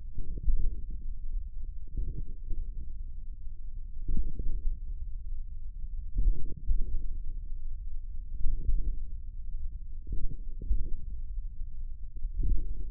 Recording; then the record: forearm muscle sounds (acoustic myography)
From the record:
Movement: tripod grip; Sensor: system 1, eight BSWA MPA416 microphones around the upper forearm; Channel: 5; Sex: male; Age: 41 years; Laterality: right